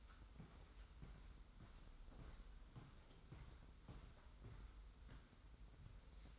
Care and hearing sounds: daily activity, microphone in the room; walk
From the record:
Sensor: 3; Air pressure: 990.6 hPa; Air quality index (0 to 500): 171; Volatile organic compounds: 1000 ppm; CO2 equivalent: 5528 ppm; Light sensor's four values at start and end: 38/91/37/35 and 38/89/36/34

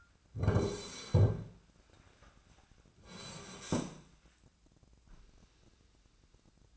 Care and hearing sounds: daily activity, microphone in the room; sit down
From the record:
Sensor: 2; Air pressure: 1009.1 hPa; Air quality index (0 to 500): 178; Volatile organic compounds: 2 ppm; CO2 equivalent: 1296 ppm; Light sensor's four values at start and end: 35/92/39/42 and 32/83/36/38

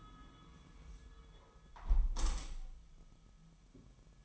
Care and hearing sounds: daily activity, microphone in the room; close window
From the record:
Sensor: 1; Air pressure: 999.9 hPa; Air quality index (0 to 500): 235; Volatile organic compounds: 103 ppm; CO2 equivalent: 3776 ppm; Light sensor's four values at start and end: 11/27/10/11 and 10/25/10/11

